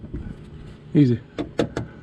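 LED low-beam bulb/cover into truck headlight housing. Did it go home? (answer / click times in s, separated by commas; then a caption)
yes / 1.4 s, 1.6 s, 1.8 s. A LasFit LED low-beam bulb or its cover, with the wiring tucked up behind it, is snapped into the plastic headlight housing of a 2019 F-150 truck. Someone talks briefly, then three short sharp clicks come at 1.4, 1.6 and 1.8 seconds. The bulb assembly is seated in place.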